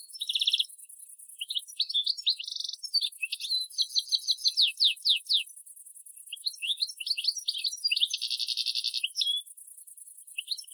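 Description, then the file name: European goldfinch singing a lively jumble of tinkling twitters, fast downslurred notes and three buzzy wheezes, the last one drawn out, with a faint constant hiss throughout. "Carduelis carduelis"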